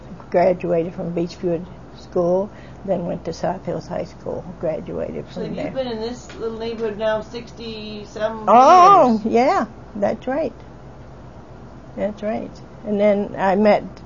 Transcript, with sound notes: graduated in Beachwood School, then went to South Hills High School, graduated from here.
So you've been in this little neighborhood now sixty-some years?
(excited) Oh yeah, that's right! That's right and then I met